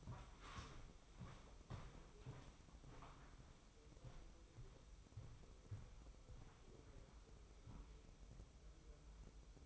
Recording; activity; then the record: daily activity, microphone in the room; walk to room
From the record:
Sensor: 1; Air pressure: 995.5 hPa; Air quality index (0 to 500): 37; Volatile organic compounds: 1 ppm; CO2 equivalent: 632 ppm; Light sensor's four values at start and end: 29/102/39/40 and 30/104/40/41